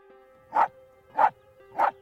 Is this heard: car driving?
no